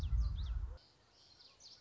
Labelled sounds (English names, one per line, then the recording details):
Common Yellowthroat
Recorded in Sonoma County, California